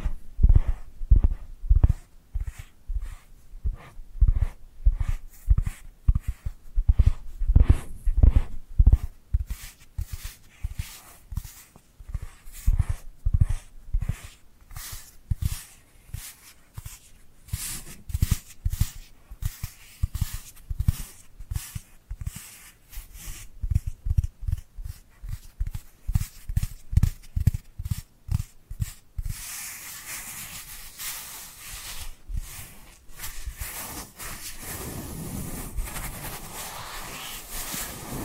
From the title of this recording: Dry Dry Dry Hand Sounds